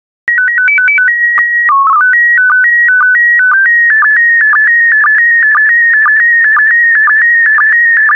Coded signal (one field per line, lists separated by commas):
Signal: SSTV (slow-scan television)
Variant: PD 120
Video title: 113032 Arabian Horses SSTV PD120